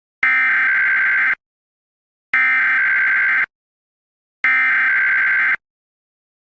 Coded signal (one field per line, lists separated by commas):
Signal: Emergency Alert System (SAME) tones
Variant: header bursts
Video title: All NWS, required tests, and Amber Alerts (EAS #134 - EAS #148)